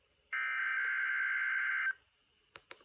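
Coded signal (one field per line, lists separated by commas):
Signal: Emergency Alert System (SAME) tones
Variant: header bursts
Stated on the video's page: Required weekly tests from NOAA weather radio stations.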